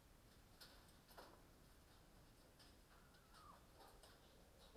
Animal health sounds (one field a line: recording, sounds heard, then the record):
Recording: poultry house recording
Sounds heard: healthy chickens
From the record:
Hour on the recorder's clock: 21